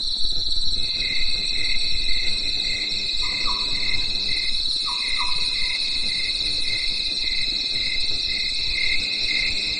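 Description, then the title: Cricket chirping forms an unbroken high buzzing drone. A lower rhythmic pulsing runs underneath, and two pairs of soft short notes come midway. Night in the mountains after daytime rain; crickets calling in a chorus. "At night, the cricket cricket and nightingale choir in the mountains"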